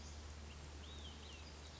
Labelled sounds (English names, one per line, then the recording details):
Olive-sided Flycatcher
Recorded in Sonoma County, California